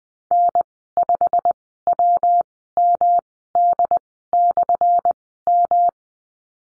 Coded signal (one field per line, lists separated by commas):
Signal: Morse code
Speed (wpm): 20 wpm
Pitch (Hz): 700 Hz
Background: none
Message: N5WMD/M